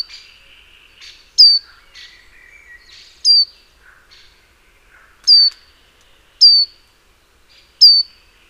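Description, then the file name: Great tit giving loud, piercing, falling call notes at irregular intervals of one to two seconds, over quieter chirps and warbling. "Parus major"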